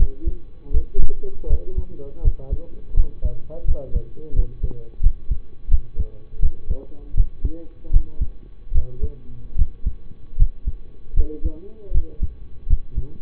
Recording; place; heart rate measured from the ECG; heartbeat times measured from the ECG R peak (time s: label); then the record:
heart sounds by stethoscope; between the tricuspid and mitral areas; 80 bpm
0.71 s: heartbeat
1.47 s: heartbeat
2.21 s: heartbeat
2.94 s: heartbeat
3.65 s: heartbeat
4.33 s: heartbeat
5.00 s: heartbeat
5.69 s: heartbeat
6.40 s: heartbeat
7.14 s: heartbeat
7.91 s: heartbeat
8.72 s: heartbeat
9.56 s: heartbeat
10.36 s: heartbeat
11.14 s: heartbeat
11.92 s: heartbeat
12.67 s: heartbeat
From the record:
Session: rest, lying down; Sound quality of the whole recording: partially saturated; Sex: male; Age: 25 years